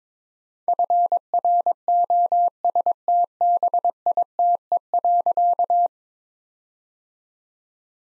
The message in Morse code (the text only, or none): FROSTBITE.